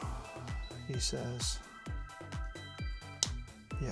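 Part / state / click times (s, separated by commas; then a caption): plastic model kit piece onto the assembly / seated / 3.2 s. A plastic model kit piece is pressed onto the assembly, and it clips into place with a loud, sharp snap at 3.2 seconds. Music plays throughout, and someone talks.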